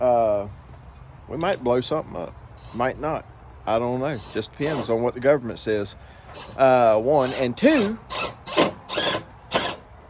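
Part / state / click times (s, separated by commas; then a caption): screw or bolt in a U-clip on the truck front end / stripped / 9.6 s. Someone talks while a screw or bolt is driven into the front-end mounting of a truck during a bumper install, likely into a U-clip. A sharp, sudden mechanical sound is heard at 9.6 s as the screw strips out while fastening, leaving it stripped.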